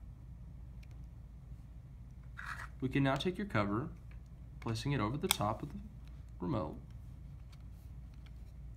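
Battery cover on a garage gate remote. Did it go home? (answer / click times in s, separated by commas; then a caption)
no / none. Someone talks while the plastic battery cover of a Liftmaster universal garage gate remote is placed over the top of the remote and lined up before being slid forward. Only light handling noises are heard, and the cover has not clicked into place yet.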